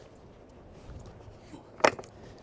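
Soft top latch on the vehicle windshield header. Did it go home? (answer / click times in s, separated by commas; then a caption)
released / 1.9 s. A soft top latch on the windshield header of a 2026 Ford Bronco with a claw soft top is undone by hand and releases open with a sharp click at 1.8 s. Two fainter ticks follow at about 2.0 s over a quiet, low background rumble.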